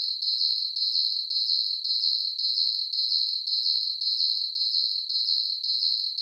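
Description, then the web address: Cricket chirping, a steady high buzzy pulsing sound, bursts repeating about twice a second in an even unbroken rhythm with no other sounds. Night ambience of chirping crickets. "Blast Wave 5.1 SSFX Crickets. ambience crickets chirps night insects bugs surround sound"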